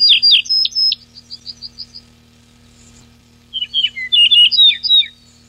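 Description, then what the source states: Yellow-breasted bunting song: a phrase of loud descending whistles ending in softer repeated notes, then after a pause a second varied whistled phrase. 14 June 1993.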